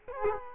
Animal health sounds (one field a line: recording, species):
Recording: mosquito wingbeat signal from an infrared sensor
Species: Culex quinquefasciatus